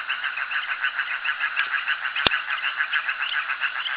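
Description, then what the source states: Frog chorus of quick, pulsing notes in overlapping rhythm, with a single sharp click near the middle. Frogs calling at a jetty.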